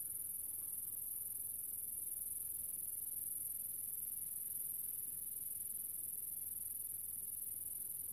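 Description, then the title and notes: Grasshopper stridulation: a steady, very high-pitched hiss that runs unbroken through the whole stretch, over a low rumble of background noise. A single small grasshopper, countryside near the small town of General Alvear, under the summer sun, recorded a few years earlier while filming a documentary. "Relaxing Sounds - Nature - Grasshopper. a small town called General Alvear. I found myself in the middle of the countryside under the summer sun and this little grasshoper appeard"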